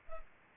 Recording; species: mosquito wingbeat signal from an infrared sensor; Culex pipiens